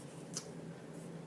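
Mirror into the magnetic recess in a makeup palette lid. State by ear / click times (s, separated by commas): seated / 0.4 s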